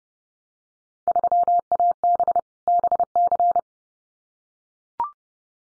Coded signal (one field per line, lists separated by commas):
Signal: Morse code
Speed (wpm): 30 wpm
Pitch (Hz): 700 Hz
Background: none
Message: 3AB BC